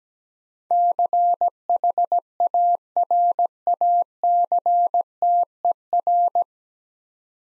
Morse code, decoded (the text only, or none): CHARACTER